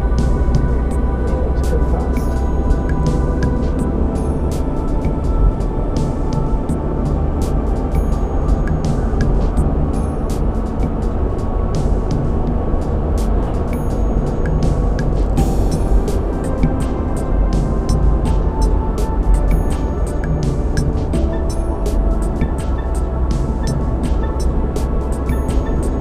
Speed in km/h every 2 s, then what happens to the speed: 53, 58, 61, 64, 66, 68, 68, 69, 69, 69, 58, 55, 56.
0-7 speeds up to 66. 7-18 steady at about 68. 18-22 brakes to 55.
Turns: 17-21.